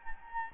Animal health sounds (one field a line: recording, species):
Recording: mosquito wingbeat signal from an infrared sensor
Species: Anopheles gambiae